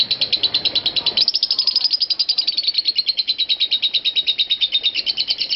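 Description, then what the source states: Lovebird chattering in fast, shrill repeated chirps, unbroken; a low background rumble drops away after the first second. Lovebird "konslet" (short-circuit) style calling.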